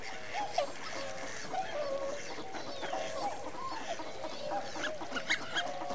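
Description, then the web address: Waterfowl calling as a flock, soft overlapping honks and whistled notes with a few louder sharp calls near the end. Winter migrant waterfowl. "The BBC Sound Effects Library. Winter migrant waterfowl"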